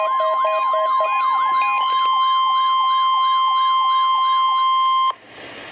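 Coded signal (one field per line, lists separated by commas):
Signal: Emergency Alert System (SAME) tones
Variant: 1050 Hz attention tone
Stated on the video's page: Required Weekly Test from NOAA Weather Radio station in Milwaukee, WI.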